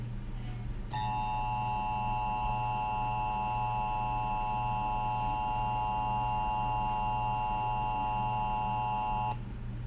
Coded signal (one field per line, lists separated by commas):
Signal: Emergency Alert System (SAME) tones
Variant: 853 and 960 Hz attention tone